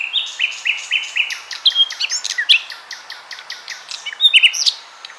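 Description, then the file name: Common nightingale song with repeated short whistled notes, quick chirps and rapid clicking bursts in a lively, varied sequence. "Luscinia megarhynchos"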